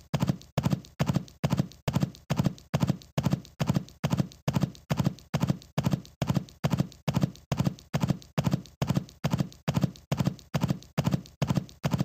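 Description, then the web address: Running horse, a repeated pattern of heavy hoof strikes in bunched groups roughly once per second, steady and regular from start to finish. "animals horse horse. running"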